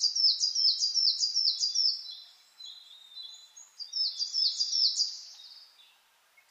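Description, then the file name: Coal tit singing rapid high double-note phrases, pausing briefly with a soft trill, then resuming with a shorter run. Recorded 10 June 2009 at 06:39 in the morning. "higara 20090610-0639"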